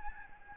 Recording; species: mosquito wingbeat signal from an infrared sensor; Aedes albopictus